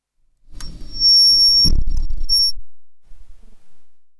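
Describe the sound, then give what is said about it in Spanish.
A shrill, steady electronic beep sounds for about half a second, then a second shorter beep follows, both over a low muffled rumble of background noise. “hay un pitido.”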